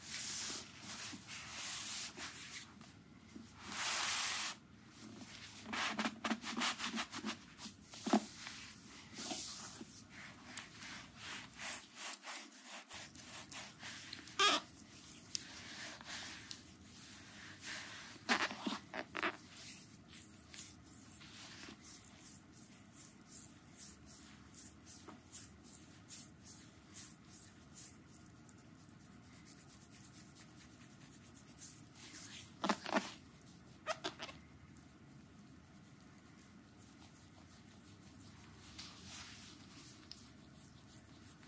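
Hissy rubbing and swishing strokes of a foot massage, densest and loudest in the first nine seconds, then thinning to softer, scattered rubs with brief louder bursts near 15, 19 and 33 seconds. A faint steady hum sits underneath throughout.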